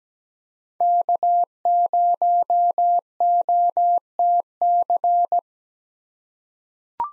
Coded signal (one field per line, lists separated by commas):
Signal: Morse code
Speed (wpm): 17 wpm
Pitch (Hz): 700 Hz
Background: none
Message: K0OTC